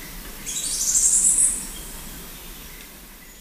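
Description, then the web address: Violet-tailed sylph call: one high, buzzy, slightly wavering note lasting about a second, fading into quiet background hiss. Recorded in Ecuador. "Natures Songs S America Birds of Ecuador Violet-tailed Sylph"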